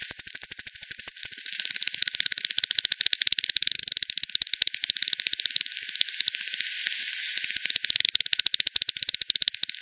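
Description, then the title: Rapid clicking bat calls, a loud regular tick train that gives way to a denser crackling mass midway, then returns to evenly spaced sharp clicks. Multiple bats at Hogsmill River, Hogsmill Lane, 7 October 2020 at 18:10; frequency-division bat detector output, band-pass filtered and resampled. "bat 20201007 T 18 : 10 Z-Hogsmill-Lane-Hogsmill-River-multiple-bats-FD 10"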